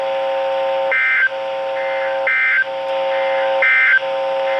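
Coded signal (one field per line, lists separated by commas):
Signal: Emergency Alert System (SAME) tones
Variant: end-of-message bursts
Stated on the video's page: Severe thunderstorm warning for Collin County, Texas, from NOAA weather radio stations.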